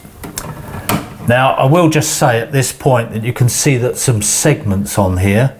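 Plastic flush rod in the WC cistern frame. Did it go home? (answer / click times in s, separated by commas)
released / 0.9 s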